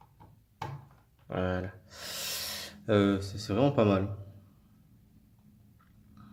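A plastic Hasbro Star Wars Black Series Centerpiece Darth Vader action figure that had been clipped on badly is re-clipped onto the peg of its diorama display base, giving a sharp snap at 0.6 s. Someone then talks, and the figure is seated on the base.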